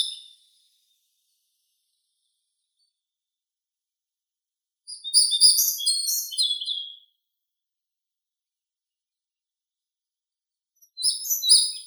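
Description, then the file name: European pied flycatcher delivering short bursts of high, sweet chirping notes, one full phrase in the middle and fragments at start and end, separated by silence. "Ficedula hypoleuca"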